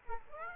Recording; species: mosquito wingbeat signal from an infrared sensor; Aedes aegypti